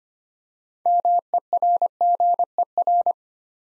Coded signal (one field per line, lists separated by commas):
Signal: Morse code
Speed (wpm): 25 wpm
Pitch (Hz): 700 Hz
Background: none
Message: MERGER